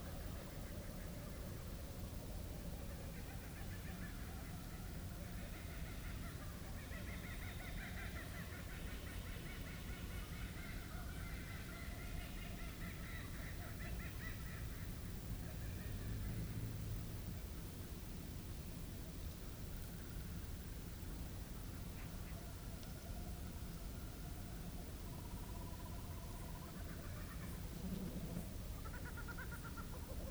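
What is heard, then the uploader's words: A summer night in the bush on Ngarigo land: a dense, steady hum of insects and calls, with a brief bird cry near the end. It's a summers night in the bush on Ngarigo land.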